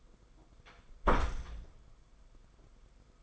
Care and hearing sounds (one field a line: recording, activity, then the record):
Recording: daily activity, microphone in the room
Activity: close door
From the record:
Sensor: 5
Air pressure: 990.5 hPa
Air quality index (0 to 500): 150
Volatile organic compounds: 160 ppm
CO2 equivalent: 4064 ppm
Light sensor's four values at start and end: 27/65/26/29 and 26/63/26/28